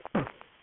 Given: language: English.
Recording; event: throat vibration sensor signal played as sound; cough